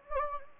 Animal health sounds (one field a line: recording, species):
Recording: mosquito wingbeat signal from an infrared sensor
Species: Anopheles gambiae